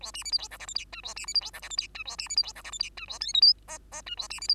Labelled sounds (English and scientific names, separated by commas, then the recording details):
Bengalese Finch (Lonchura striata domestica) song
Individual Bird2